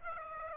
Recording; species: mosquito wingbeat signal from an infrared sensor; Aedes aegypti